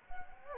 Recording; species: mosquito wingbeat signal from an infrared sensor; Anopheles gambiae